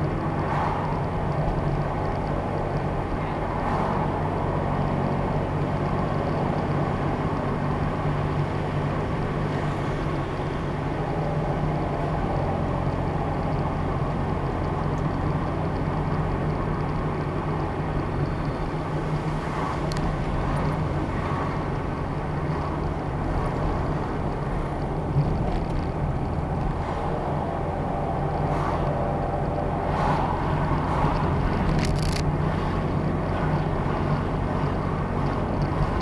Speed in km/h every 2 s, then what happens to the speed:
40, 39, 40, 42, 39, 37, 39, 39, 39, 39, 35, 32, 34, 35, 37, 39, 39, 39.
0-14 steady at about 39. 14-22 slows to 32. 22-36 steady at about 37.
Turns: none.